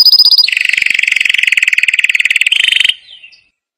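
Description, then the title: Canary song: a high trill, then a long rapid buzzy lower trill of evenly repeated pulses that shifts to a higher trill before stopping. Canary singing prolifically (gacor) with a full, varied song, used as masteran (training audio) for caged lovebirds, white-rumped shamas, canaries and greater green leafbirds. "Masteran Kenari Gacor Full Isian Untuk Lovebird, Murai Batu, Kenari, Cucak Ijo"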